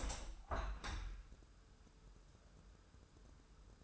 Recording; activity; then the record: daily activity, microphone in the room; open window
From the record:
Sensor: 2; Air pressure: 1014.8 hPa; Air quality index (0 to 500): 26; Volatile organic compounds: 1 ppm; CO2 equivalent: 510 ppm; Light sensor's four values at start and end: 8/19/8/8 and 9/20/8/8